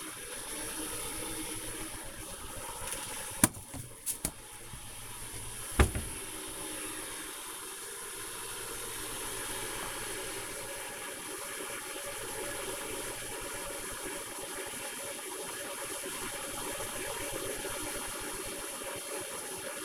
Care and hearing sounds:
household activities, microphone on the right wrist
0.00-19.85 s: making tea

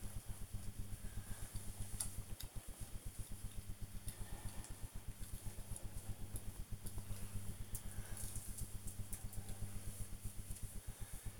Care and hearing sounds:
household activities, microphone on the right wrist
0.00-11.19 s: dusting model cars

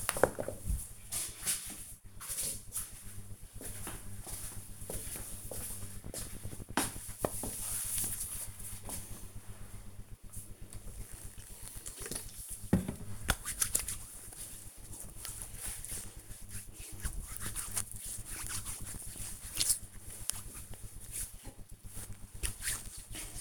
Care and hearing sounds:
household activities, microphone on the right wrist
9.52-23.41 s: disinfecting hands

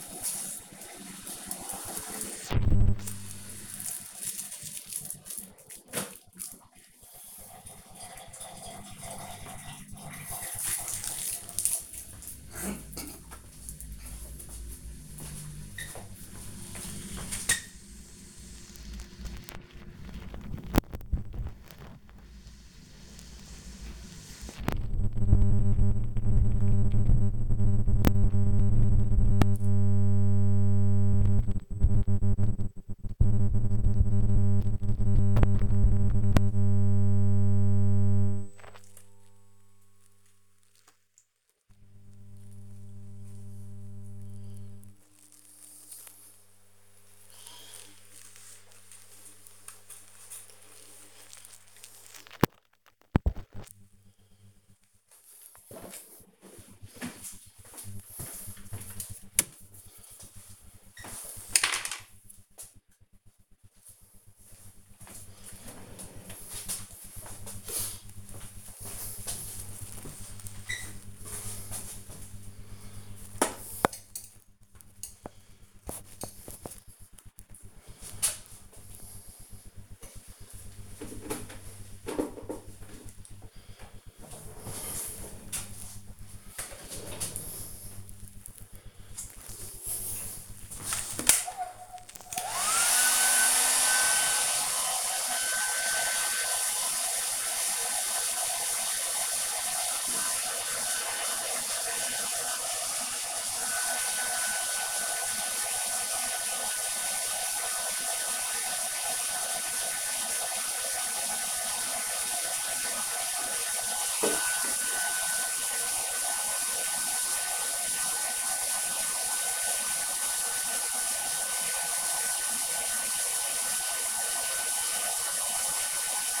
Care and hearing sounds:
household activities, microphone on the right wrist
0.00-70.72 s: removing protective film from cupboard (using hairdryer)
0.00-126.40 s: kitchen
78.76-126.40 s: removing protective film
97.84 s: note: using hairdryer

